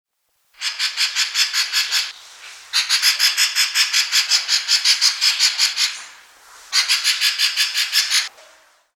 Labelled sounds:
Streak-breasted Scimitar Babbler
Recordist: Tembrock, Günter
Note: Lautfolgen

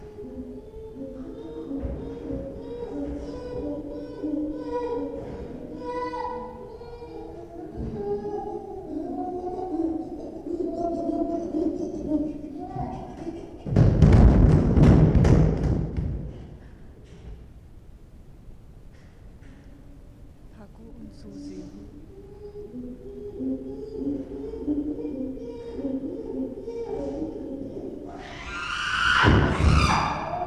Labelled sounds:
Chimpanzee
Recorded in captivity
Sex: diverse
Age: adult
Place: Tierpark Berlin, Berlin, DE
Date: 1966-04-06
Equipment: Grundig TK 1 Luxus
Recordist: unbekannt, keine Angabe

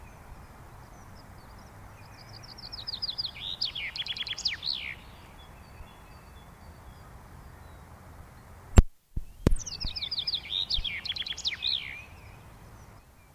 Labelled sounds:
Common Chaffinch
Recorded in the wild
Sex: male
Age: adult
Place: Garmisch-Partenkirchen, Bayern, DE
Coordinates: 47.4931, 11.0633
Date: 1962-04-25
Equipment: Stellavox SM 5, AKG D19-200, Vorverstärker, Original, Vollspur
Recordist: Tretzel, Erwin
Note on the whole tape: Garmisch-Partenkirchen, Almhütte. Männchen: Gesang und Rufe (Garmischer Doppelschlag)

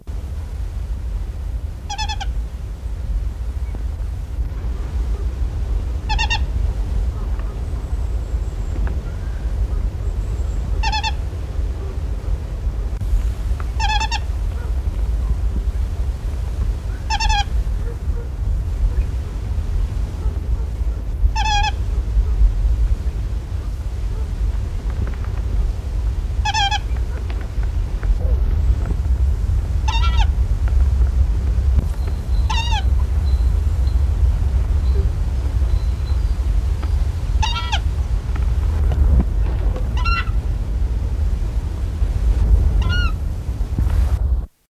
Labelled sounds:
Long-eared Owl begging call
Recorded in captivity
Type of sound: begging call
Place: Zoo Braunschweig, Niedersachsen, DE
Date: 1960-11-02
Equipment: Halbspur, 9,5 cm/s
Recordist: Lütgens, Hans
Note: Diesjährige Gefangene bettelt

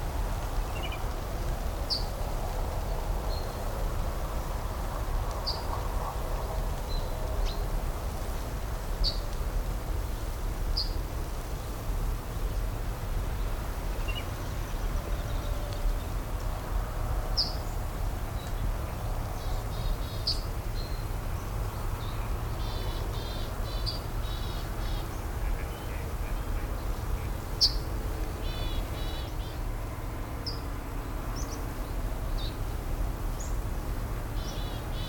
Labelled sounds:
Yellowhammer call
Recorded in the wild
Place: Plön, Holsteinische Schweiz, Schleswig-Holstein, DE
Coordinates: 54.161, 10.426
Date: 1992-09-23 14:35
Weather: heiter bis wolkig, Wind, 16-22°C
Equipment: Marantz CP 430, Sennheiser ME 80, Kopie Tesla B 116
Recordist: Tembrock, Günter

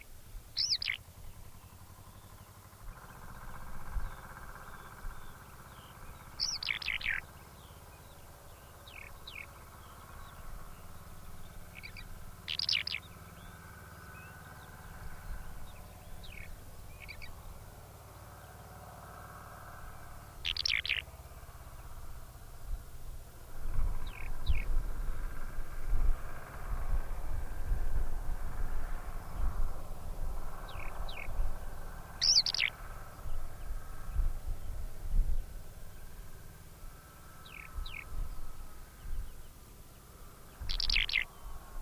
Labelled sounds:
Eurasian Skylark
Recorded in the wild
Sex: male
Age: adult
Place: Erlangen, OT Schallershof, Bayern, DE
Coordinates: 49.5792, 10.9736
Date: 1963-05-01
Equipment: Stellavox SM 5, Vollspur, Nagra
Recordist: Tretzel, Erwin

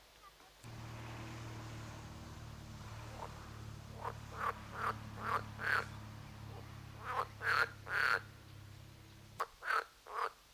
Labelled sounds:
Edible Frog
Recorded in the wild
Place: Lübars, Benekendorffstraße, Berlin, DE
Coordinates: 52.6167, 13.3469
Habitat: Gartenteich
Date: 2004-05-31 13:18
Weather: sonnig, 23°C
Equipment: Sony WM-D6C, Sennheiser ME 80, Kopie Uher 4000 Report Monitor
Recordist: Tembrock, Günter

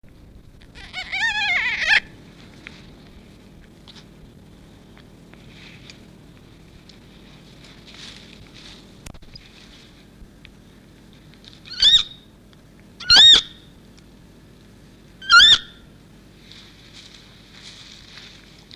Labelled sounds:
Western Roe Deer call
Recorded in captivity
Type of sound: call
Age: juvenile
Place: Tierpark Berlin, Berlin, DE
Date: 1966-06-02
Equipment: Englisches Reportergerät, Kopie Qualiton
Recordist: Altmann, Dagmar
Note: Jungtier: Laute

